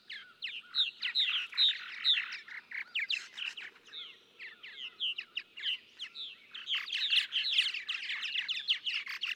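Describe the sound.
Purple martin song: rapid, rattling chirps and gurgled notes pouring out, thinning in the middle and dense again toward the end.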